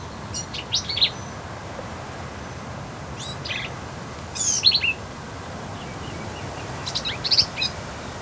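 Black-capped vireo delivering four brief, scratchy phrases of mixed high chips and slurred notes, separated by short pauses, against a low steady hiss.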